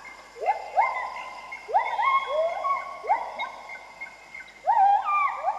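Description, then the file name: Bird calls: rising whistles that level into held notes, mostly coming in pairs at a fairly steady pace. "pajaros"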